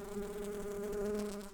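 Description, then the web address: Brown-banded carder bee buzzing: a steady, continuous low drone holding one pitch throughout. Workers. "Humilis workers"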